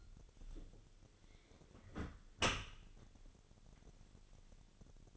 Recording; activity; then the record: daily activity, microphone in the room; close dishwasher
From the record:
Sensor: 4